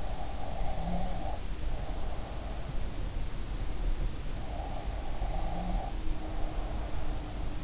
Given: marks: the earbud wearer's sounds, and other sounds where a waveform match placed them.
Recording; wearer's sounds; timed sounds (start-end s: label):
sounds in sleep by an in-ear microphone; breath
0.00-2.70 s: breath
4.32-7.47 s: breath